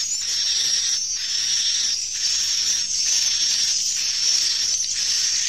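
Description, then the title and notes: Swiftlet twitters, high and sizzling, running on continuously and swelling in soft pulses. Swiftlet calls used in swiftlet bird farming in Asia. "Swiflet Bird Sound. Farming Swiflet Bird asia sound"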